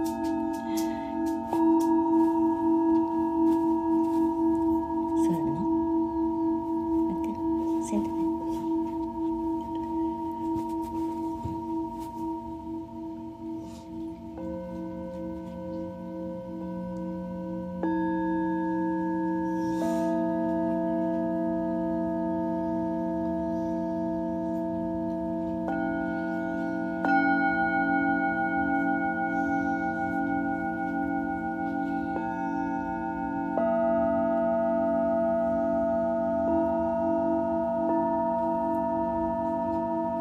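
Singing bowls ring in long, steady overlapping tones, a low hum beneath several clear higher pitches. New strikes enter around 14, 18, 20, 26 and 33 seconds, each shifting the blend of tones, while the level stays fairly even throughout.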